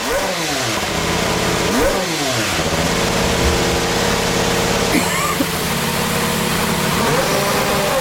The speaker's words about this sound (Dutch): Je wilde graag even met ons luisteren naar de nieuwe Honda motor. Gepresenteerd door Toro Rosso, het opleidingsteam van Red Bull.